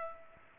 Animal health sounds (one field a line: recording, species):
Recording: mosquito wingbeat signal from an infrared sensor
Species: Culex pipiens